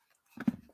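A plastic plug-in part is pushed into an action figure body and pops into place with short clicks at 0.4 s and 0.5 s. The part is seated and the figure is finished.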